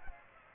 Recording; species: mosquito wingbeat signal from an infrared sensor; Aedes aegypti